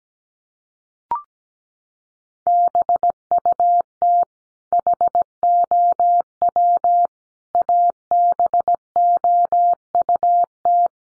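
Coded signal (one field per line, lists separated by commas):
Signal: Morse code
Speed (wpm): 17 wpm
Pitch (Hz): 700 Hz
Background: none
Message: BUT HOW ABOUT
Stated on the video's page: Morse practice of sentences built from the top 100 words at 17 wpm, each sent, spoken, then sent again.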